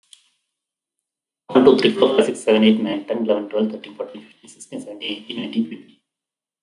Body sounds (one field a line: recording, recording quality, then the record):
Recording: counting at a fast pace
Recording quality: excellent, no background noise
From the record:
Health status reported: healthy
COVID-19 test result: negative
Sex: male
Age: 47 years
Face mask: not worn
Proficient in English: yes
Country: India